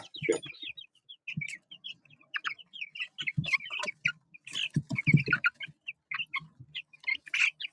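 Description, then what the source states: Chicken chicks peeping, many short high chirps overlapping irregularly, with low thumps and soft handling noises underneath. Cornish cross chicks in a 4x4 coop shelter on a farm in Bear River, Nova Scotia, on a day of raw easterly wind; checked for food, water and temperature.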